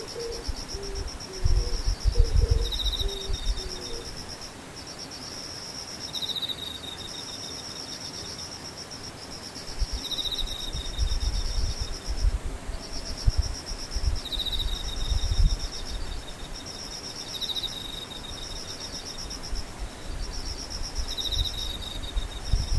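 Insects chirp in a steady, high-pitched pattern, short pulsing trills repeating every few seconds with a thinner, lower call alternating between them. Low rumbling thumps come and go underneath, strongest around 2, 10 and 15 seconds, with a brief low buzzing near the start.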